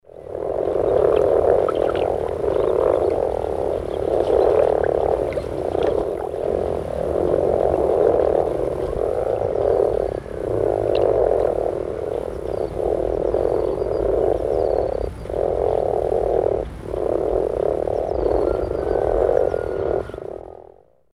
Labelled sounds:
Common Frog
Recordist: Tembrock, Günter
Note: Paarungsrufe

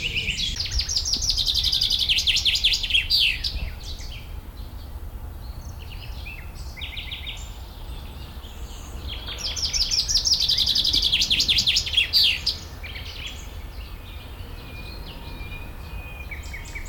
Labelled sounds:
Common Chaffinch
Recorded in the wild
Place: Schloßpark Babelsberg, Brandenburg, DE
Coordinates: 52.4, 13.1
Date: 1996-06-07 13:21
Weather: sonnig, 24-30°C
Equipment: Sony MD-WM MZ-R3, Sennheiser MKH 416 T, Kopie Uher 4000 Report Monitor
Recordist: Tembrock, Günter
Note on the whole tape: Gesang

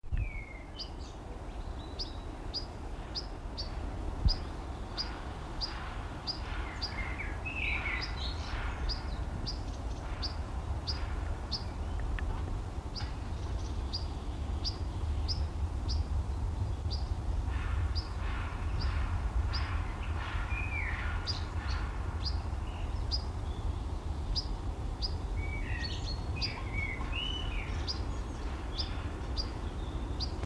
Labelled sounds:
European Pied Flycatcher call
Common Blackbird
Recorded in the wild
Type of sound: call
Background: Turdus merula
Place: Summt, am Buchenberg, Brandenburg, DE
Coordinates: 52.695, 13.3594
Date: 1975-05-04
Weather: 13°C
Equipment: Uher CR 210, Sennheiser MD 421, Verstärker, Kopie Uher 4200
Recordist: Tembrock, Günter
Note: Am Buchenberg, Erregungsrufe

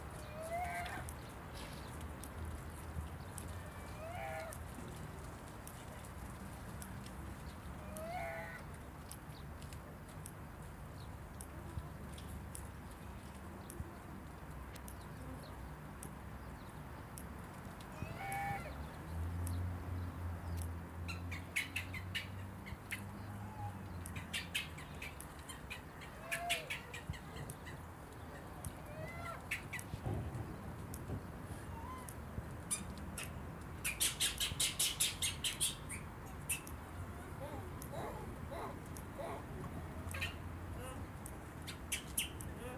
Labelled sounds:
Gelada
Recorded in captivity
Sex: group
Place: Tiergarten Wilhelma/Stuttgart, Baden-Württemberg, DE
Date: 2005-03-14 16:30
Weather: heiter, 5-8°C
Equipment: Sony WM-D6C, Sony ECM-MS 907, Kopie Uher 4000 Report Monitor
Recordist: Tembrock, Günter

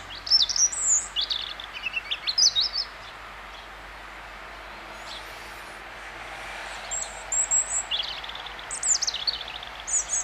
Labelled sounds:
European Robin song
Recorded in the wild
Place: Oberstdorf, Bayern, DE
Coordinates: 47.4436, 10.2944
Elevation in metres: 849
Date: 1978-03-22 10:00
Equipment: Uher 4000 Report
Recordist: Tretzel, Erwin

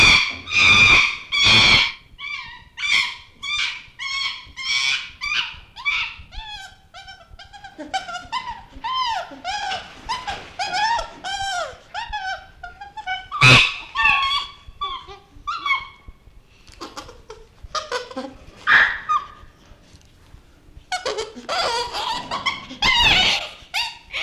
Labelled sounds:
Chimpanzee
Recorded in captivity
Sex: diverse
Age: juvenile
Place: Zoo Rostock, Mecklenburg-Vorpommern, DE
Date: 1965-09-01 15:00
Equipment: Uher 4200 Report Monitor, Sennheiser MD 421, Transistorverstärker 2
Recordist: Tembrock, Günter

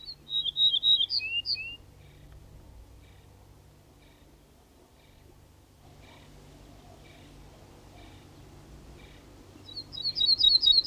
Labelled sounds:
Ortolan Bunting song
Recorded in the wild
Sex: male
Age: adult
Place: Walsrode, Lüneburger Heide, Niedersachsen, DE
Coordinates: 52.8667, 9.58333
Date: 1970-05-24
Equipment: Uher 4000 Report-S, Bändchenmikro Beyer M 260, Parabolspiegel Polyester (470 mm)
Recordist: Conrads, Klaus

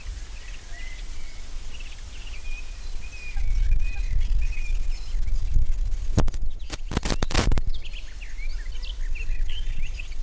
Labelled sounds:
Common Moorhen call
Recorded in the wild
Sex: male
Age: adult
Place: Lübars (Fließtal), Berlin, DE
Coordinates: 52.6167, 13.35
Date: 1999-05-30 15:45
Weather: heiter, 26°C, starker Wind
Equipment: Sony MD-WM MZ-R3, Sennheiser ME 80, Kopie Uher 4000 Report Monitor
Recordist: Tembrock, Günter
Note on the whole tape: Lautfolgen (später mit Jungen gesehen). Starker Wind

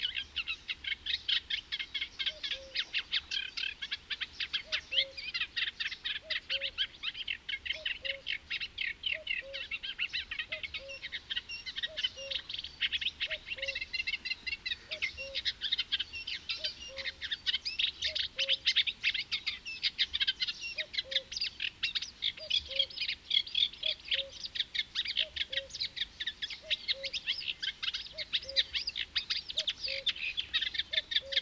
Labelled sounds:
Eurasian Reed Warbler song
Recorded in the wild
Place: Hettenleidelheim, Rheinland-Pfalz, DE
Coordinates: 49.5353, 8.07278
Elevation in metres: 252
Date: 1975-08-24
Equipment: Nagra IV, Sennheiser MKH 405, Parabolreflektor
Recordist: Tretzel, Erwin

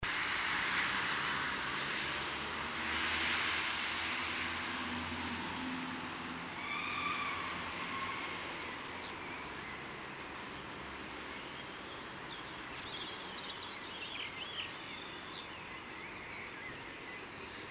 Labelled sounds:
European Serin song
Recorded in the wild
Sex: male
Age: adult
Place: Kaiserslautern, Rheinland-Pfalz, DE
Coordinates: 49.4247, 7.77889
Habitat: garden
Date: 1978-05-20
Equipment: Nagra IV, Sennheiser MKH 405, Parabolreflektor
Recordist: Tretzel, Erwin

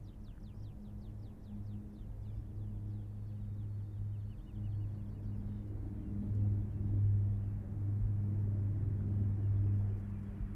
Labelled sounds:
Yellowhammer
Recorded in the wild
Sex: male
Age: adult
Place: Hobrechtsfelder Rieselfelder, Naturpark Barnim, Brandenburg, DE
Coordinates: 52.6778, 13.5186
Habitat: Feldflur
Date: 2006-04-20
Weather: heiter, windstill, ca. 12°C
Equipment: Edirol R-4, Sennheiser MKH 70, Windkorb
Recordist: Frommolt, Karl-Heinz

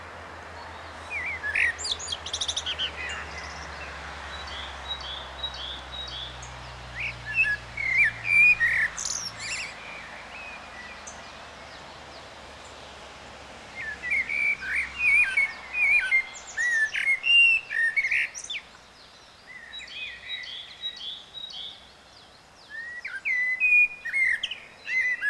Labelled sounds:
Common Blackbird song
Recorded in the wild
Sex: male
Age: adult
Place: Kaiserslautern, Rheinland-Pfalz, DE
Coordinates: 49.4372, 7.80972
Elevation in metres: 310
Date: 1985-04-07
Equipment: Uher 4000 Report
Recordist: Tretzel, Erwin

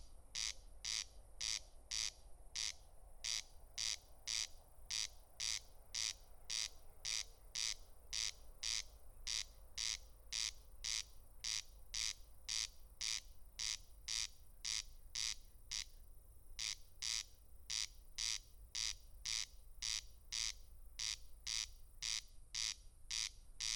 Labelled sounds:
Corn Crake song
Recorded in the wild
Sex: male
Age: adult
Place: Schwedt/Oder, Nationalpark Unteres Odertal, Brandenburg, DE
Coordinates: 53.0381, 14.2905
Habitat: meadow
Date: 2021-07-16 00:06
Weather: 16°C, 99% humidity, almost windless
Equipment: Edirol R44, Microtech Gefell MK 250/MV220
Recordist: Frommolt, Karl-Heinz

